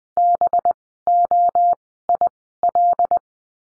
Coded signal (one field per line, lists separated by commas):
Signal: Morse code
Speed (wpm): 20 wpm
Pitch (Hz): 700 Hz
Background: none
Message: BOIL